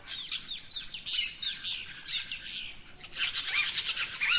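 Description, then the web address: Birds: a dawn chorus of many birds: constant overlapping high chirps and twitters, louder toward the end, with a short rising whistle. Dawn chorus in rainforest, Gran Sabana, Venezuela. "naturescapes Birds in the Rainforest 03 Dawn Venezuela Gran Sabana"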